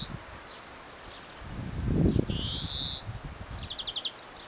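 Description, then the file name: European greenfinch giving one buzzy, rising wheeze, then a quick short trill near the end, against rustling and a low thump. "Chloris chloris"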